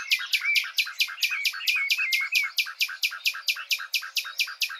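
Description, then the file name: Common nightingale song: a long, steady run of rapid, evenly spaced harsh notes, loud and unbroken throughout. "Luscinia megarhynchos"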